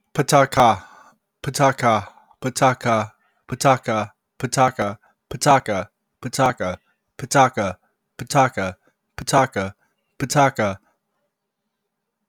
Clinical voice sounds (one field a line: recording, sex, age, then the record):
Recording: repeated syllables /pa ta ka/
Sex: male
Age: 30 to 39 years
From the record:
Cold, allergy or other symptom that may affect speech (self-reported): no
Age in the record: 30 years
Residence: Nevada, United States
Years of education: 12